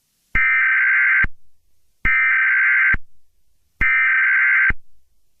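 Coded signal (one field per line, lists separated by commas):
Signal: Emergency Alert System (SAME) tones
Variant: header bursts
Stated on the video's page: Fictional made-up EAS scenario, not a real alert.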